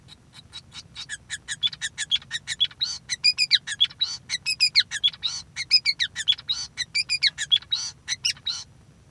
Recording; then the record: song of a male Bengalese finch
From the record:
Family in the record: son of father 5